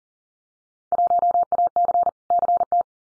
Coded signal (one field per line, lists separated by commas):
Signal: Morse code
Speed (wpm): 40 wpm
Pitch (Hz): 700 Hz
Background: none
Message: 1AC CT